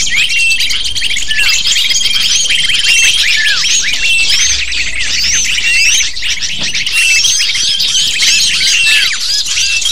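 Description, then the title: Lovebirds chattering as a dense flock, a constant overlapping stream of shrill, high chirps and squeaks, with a few thin sustained whistle tones. Lure (pikat) used to attract lovebirds. "PIKAT BURUNG LOVEBIRD"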